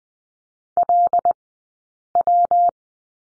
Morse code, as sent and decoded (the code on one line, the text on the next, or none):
.-.. .--
LW